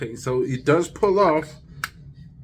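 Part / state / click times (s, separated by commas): perfume bottle cap on a glass bottle / seated / 1.8 s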